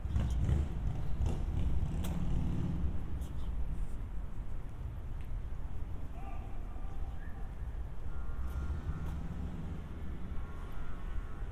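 Walking through the city, a steady low rumble of traffic fills the air, with murmured voices early on and faint tonal whines later.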